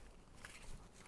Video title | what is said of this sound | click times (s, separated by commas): The MCK Gen 2 Reduces Your Glock's Recoil! | all right and it's locked in place like so | 0.5 s